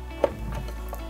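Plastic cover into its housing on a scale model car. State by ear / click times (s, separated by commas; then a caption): not seated / none. A small plastic cover with an arrow and four locating keys is fitted by hand into its housing on a 1/8 scale Lotus Renault 97T model car kit. Brief light plastic ticks and taps from handling are heard at about 0.2, 0.9 and 1.1 seconds over a quiet background. Nothing has seated or clicked yet.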